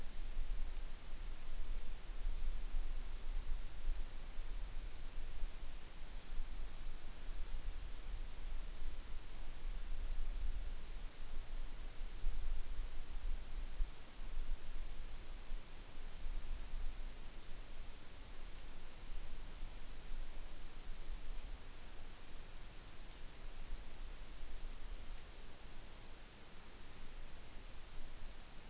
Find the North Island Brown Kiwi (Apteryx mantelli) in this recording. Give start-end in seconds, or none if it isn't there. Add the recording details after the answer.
none. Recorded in New Zealand on 8 June 2014. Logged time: 02:19